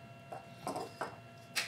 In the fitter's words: you go and it will snap into place just like that